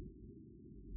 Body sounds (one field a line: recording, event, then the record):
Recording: neck accelerometer signal played as sound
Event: no cough (speech, laughter, throat clearing or background)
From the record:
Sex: male